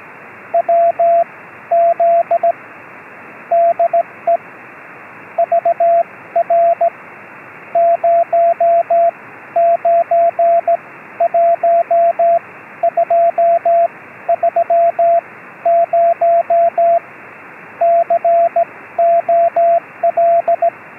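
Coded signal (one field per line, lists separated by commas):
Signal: Morse code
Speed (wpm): 16 wpm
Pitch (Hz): 680 Hz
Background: radio noise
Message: WZ DE VR 091230 COL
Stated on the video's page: Short film dramatizing Swedish military shortwave CW from long-range reconnaissance patrols, sent in a hard-to-direction-find way over long distances without infrastructure.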